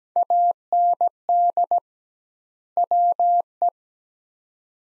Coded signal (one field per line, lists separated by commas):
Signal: Morse code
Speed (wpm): 17 wpm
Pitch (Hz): 700 Hz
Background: none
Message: AND WE